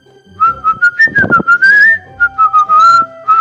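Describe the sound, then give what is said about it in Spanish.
A person whistles a wavering tune of several clear, high notes in short bursts, sliding up and down in pitch. It is loud and alone, with no talking, mimicking a hungry creature's call. “Cuando tiene hambre la pilaraña, que es un bicho horrible, silba.”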